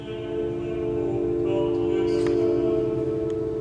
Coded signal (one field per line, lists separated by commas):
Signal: telephone call progress tone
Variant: North America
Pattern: dial tone